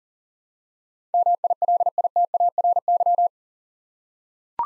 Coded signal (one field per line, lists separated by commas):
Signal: Morse code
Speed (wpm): 40 wpm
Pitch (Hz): 700 Hz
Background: none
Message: MILITARY